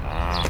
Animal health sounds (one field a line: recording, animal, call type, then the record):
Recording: contact call of a hoofed animal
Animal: cattle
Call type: low-frequency (closed-mouth) or high-frequency (open-mouth) call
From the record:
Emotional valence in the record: negative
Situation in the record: full separation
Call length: 0.50 s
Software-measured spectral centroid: 2590 Hz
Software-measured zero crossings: 1730 a second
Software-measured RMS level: -24 dBFS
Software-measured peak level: -8 dBFS